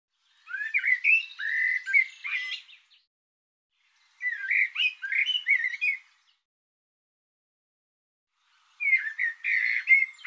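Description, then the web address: Bird producing three scratchy, warbling phrases of squeaky and harsh notes separated by silent gaps. Sound labelled "Tu Me Tu Me". "cianscape birddata Deverinetal 2025 Bird Tu Me Tu Me"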